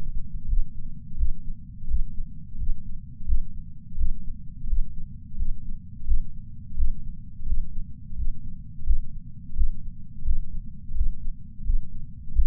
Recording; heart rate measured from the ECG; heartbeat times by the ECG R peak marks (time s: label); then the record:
heart sounds by patch sensor on the chest; 86 bpm
0.48 s: heartbeat
1.17 s: heartbeat
1.87 s: heartbeat
2.58 s: heartbeat
3.26 s: heartbeat
3.97 s: heartbeat
4.67 s: heartbeat
5.37 s: heartbeat
6.06 s: heartbeat
6.76 s: heartbeat
7.46 s: heartbeat
8.16 s: heartbeat
8.84 s: heartbeat
9.55 s: heartbeat
10.24 s: heartbeat
10.94 s: heartbeat
11.64 s: heartbeat
12.33 s: heartbeat
From the record:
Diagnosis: coronary artery disease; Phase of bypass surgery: postoperative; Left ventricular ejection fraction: 53.3%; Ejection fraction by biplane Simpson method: 55.1%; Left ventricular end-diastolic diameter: 44 mm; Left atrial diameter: 43 mm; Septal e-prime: 6 cm/s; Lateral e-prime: 8.6 cm/s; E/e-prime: 11.9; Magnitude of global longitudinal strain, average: 15.4%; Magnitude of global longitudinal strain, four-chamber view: 16.2%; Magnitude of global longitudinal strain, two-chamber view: 15.5%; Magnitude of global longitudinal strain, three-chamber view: 14.5%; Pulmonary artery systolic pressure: 30 mmHg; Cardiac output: 3.65 L/min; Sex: male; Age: 64 years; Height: 175 cm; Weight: 85 kg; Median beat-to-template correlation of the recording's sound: 0.88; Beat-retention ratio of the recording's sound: 1.00